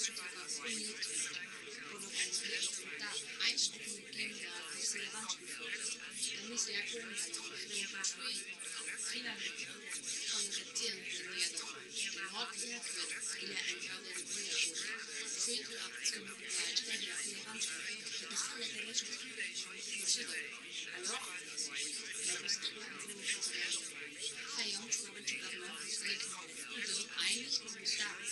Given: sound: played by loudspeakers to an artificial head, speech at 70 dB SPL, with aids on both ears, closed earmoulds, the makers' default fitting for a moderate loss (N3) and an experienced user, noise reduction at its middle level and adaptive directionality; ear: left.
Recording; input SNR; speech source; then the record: speech test signal (ISTS) in cocktail-party noise; -3 dB; on the right (90 degrees)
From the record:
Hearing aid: class 1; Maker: H